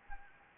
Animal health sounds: mosquito wingbeat signal from an infrared sensor; Anopheles gambiae

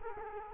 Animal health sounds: mosquito wingbeat signal from an infrared sensor; Culex quinquefasciatus

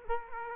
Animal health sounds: mosquito wingbeat signal from an infrared sensor; Culex quinquefasciatus

